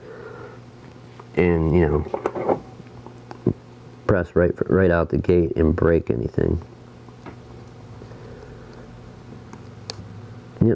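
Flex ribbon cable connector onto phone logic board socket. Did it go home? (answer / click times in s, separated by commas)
partly / 9.9 s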